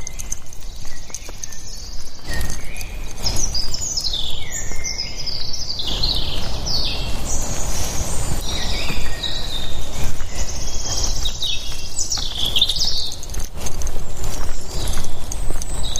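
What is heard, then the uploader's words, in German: Many birds sing through a walk in the woods, their bright chirps and whistling trills overlapping almost without pause. Beneath them runs a steady low rustle and rumble of movement, with a few soft knocks and thumps scattered across the recording. Morgens mit dem Hund raus. Ein Spaziergang im Wald mit Hund, begleitet von vielen Vögeln.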